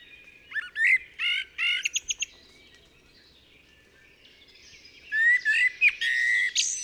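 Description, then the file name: Common blackbird song, a rapid series of short chirpy notes early on, a pause, then a whistled phrase running into squeaky high twitters. "Turdus merula"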